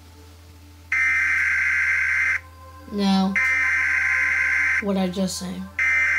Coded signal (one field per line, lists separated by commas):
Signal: Emergency Alert System (SAME) tones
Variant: header bursts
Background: speech